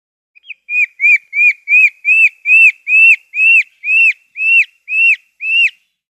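Ringtail calling: a series of about a dozen high, whistled, arching chirps, with no other sounds.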